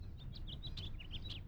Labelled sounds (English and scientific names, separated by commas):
House Finch (Haemorhous mexicanus) song